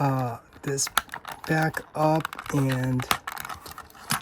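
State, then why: Seated. A plastic tab on a transforming toy figure's panel is folded back up and pushed into its slot while someone talks. After some light plastic handling noises, the tab snaps into place with a sharp click at 4.1 seconds and is nicely tabbed in.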